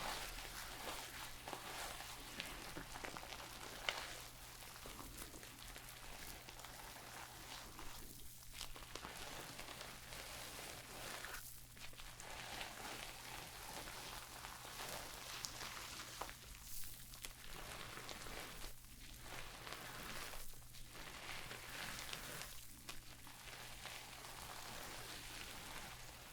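Shampooing and hair brushing make a dense, steady wet hiss of rubbing and scrubbing that fills the whole 26 seconds. Brief pauses break it around 8, 12, 17, 19, 21 and 23 seconds. A constant low hum runs underneath throughout.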